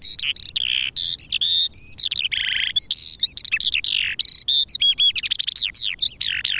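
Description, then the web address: Eurasian skylark song: a long, breathless run of twittering, rolling trills and clear whistled notes, high and rapidly varied throughout. Song, recorded at Silver Strand. "Silver Strand videos skylark"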